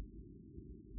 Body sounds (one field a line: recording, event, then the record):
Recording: neck accelerometer signal played as sound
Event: no cough (speech, laughter, throat clearing or background)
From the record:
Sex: female